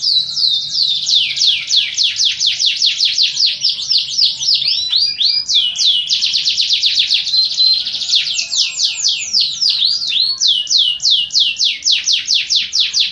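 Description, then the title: Canary song: continuous rapid trills and rows of downslurred high notes, phrases changing speed and pitch without pause throughout. Master recording of canary song, used for training canaries. "Suara Burung Kenari Masteran"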